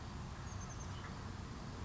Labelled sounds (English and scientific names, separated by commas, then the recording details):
Oak Titmouse (Baeolophus inornatus)
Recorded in Sonoma County, California